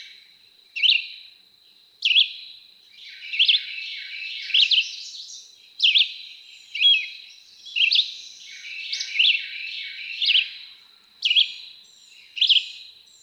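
Red-eyed Vireo singing brief whistled phrases, one after another roughly every second, varying up and down in pitch, with a faint high hiss behind.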